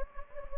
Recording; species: mosquito wingbeat signal from an infrared sensor; Anopheles gambiae